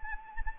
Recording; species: mosquito wingbeat signal from an infrared sensor; Anopheles arabiensis